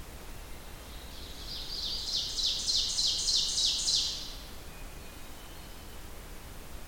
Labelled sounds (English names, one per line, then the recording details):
Ovenbird song
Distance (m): 40 m
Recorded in boreal forest in Alberta, Canada, on 29 June 2016 at 07:23
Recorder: SongMeter 3, array SBT-6-79
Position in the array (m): 274 m, 36 m
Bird 39